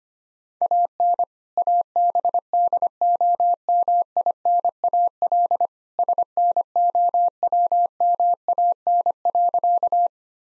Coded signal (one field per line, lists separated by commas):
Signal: Morse code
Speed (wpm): 25 wpm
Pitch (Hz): 700 Hz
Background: none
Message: AN ABDOMINAL SNOWMAN.